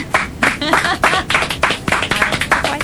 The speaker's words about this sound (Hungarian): Köszönjük szépen. Bravo! Tapsoljuk meg, tapsoljuk meg.